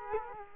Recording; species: mosquito wingbeat signal from an infrared sensor; Culex quinquefasciatus